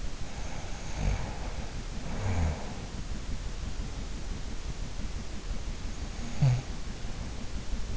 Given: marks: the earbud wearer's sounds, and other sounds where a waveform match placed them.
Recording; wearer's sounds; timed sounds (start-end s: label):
sounds in sleep by an in-ear microphone; snoring breath
0.22-3.58 s: snoring breath
5.31-7.97 s: snoring breath